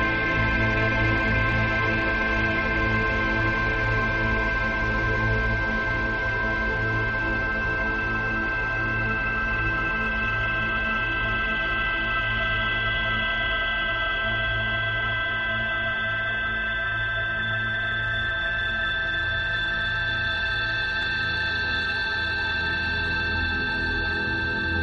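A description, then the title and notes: A steady 1565 Hz tone sits within a dense stack of other constant pitches, from a low hum up to a thin high whine. The drone holds at an even loudness throughout, and only the highest layers shift slightly after about fifteen seconds. 1565 Hz.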